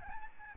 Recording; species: mosquito wingbeat signal from an infrared sensor; Aedes albopictus